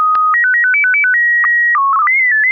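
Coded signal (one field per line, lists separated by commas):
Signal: SSTV (slow-scan television)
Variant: PD 120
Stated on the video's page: SSTV net on a 441.300 MHz FM repeater, sent with MMSSTV software.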